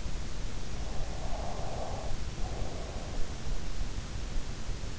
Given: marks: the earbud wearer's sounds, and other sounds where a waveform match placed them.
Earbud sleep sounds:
sounds in sleep by an in-ear microphone; breath
0.69-3.27 s: breath

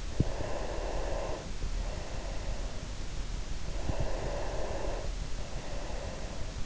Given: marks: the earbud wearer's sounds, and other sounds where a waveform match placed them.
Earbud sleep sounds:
sounds in sleep by an in-ear microphone; breath
0.38-2.98 s: breath
3.63-6.49 s: breath

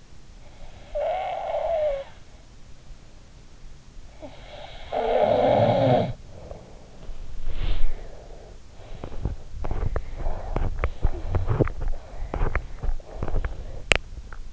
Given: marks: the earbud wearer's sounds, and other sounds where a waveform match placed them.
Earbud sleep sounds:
sounds in sleep by an in-ear microphone; snoring breath, body movement, teeth grinding, breath
0.75-2.21 s: snoring breath
4.36-6.76 s: snoring breath
6.96-9.05 s: body movement
8.97-14.53 s: teeth grinding
9.57-11.72 s: snoring breath
11.84-13.83 s: breath

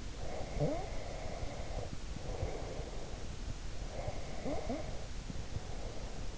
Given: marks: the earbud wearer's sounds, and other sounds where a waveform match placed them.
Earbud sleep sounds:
sounds in sleep by an in-ear microphone; breath
0.15-3.29 s: breath
3.78-6.38 s: breath

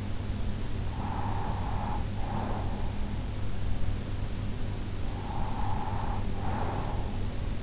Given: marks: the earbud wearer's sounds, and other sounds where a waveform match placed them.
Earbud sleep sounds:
sounds in sleep by an in-ear microphone; breath
0.99-3.25 s: breath
4.96-7.62 s: breath

